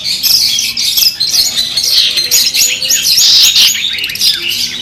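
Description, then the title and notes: Long-tailed shrike song, a quick, dense jumble of squeaky, chattering and whistled notes, running on with hardly a break. Competition-style song, used to train birds and as mental therapy for them. "Suara Lomba untuk Terapi Mental Cendet. Masteran Burung Cendet"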